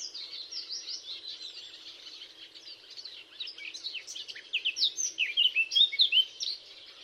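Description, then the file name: Eurasian blackcap: a quieter rapid warble, then a loud, rich warbled phrase of fluty whistles before falling quiet. "Sylvia atricapilla"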